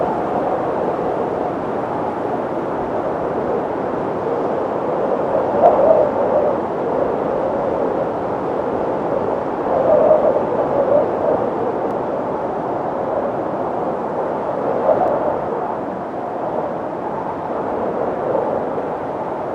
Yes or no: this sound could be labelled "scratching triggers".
no